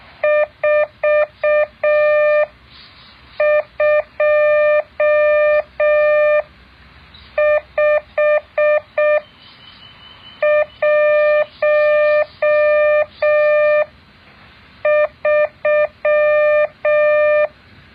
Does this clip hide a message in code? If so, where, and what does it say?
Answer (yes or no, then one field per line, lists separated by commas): yes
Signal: Morse code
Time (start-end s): 0.2-17.5 s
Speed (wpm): 6 wpm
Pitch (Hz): 600 Hz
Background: none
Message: 42513